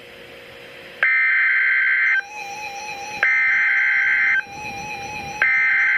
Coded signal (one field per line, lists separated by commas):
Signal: Emergency Alert System (SAME) tones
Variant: header bursts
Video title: Special Marine Warning - 09/01/14 (EAS #814)